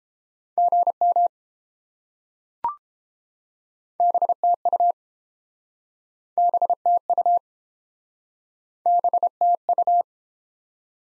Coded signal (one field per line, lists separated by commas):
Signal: Morse code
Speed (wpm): 31 wpm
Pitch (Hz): 700 Hz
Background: none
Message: GM BTU BTU BTU